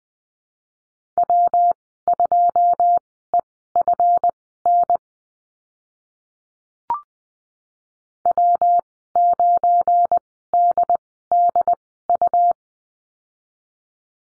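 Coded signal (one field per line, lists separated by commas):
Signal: Morse code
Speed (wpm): 20 wpm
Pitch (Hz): 700 Hz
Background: none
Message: W2EFN W9DDU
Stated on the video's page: Morse course lesson on the slash in call signs, Farnsworth speed 20/10 wpm.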